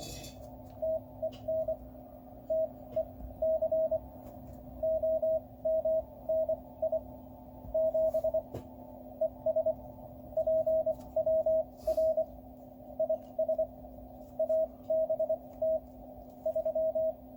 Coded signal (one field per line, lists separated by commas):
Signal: Morse code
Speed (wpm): 25 wpm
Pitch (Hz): 640 Hz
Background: radio noise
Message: TEN TEC OMNI 7 ES PWR IS ABT 3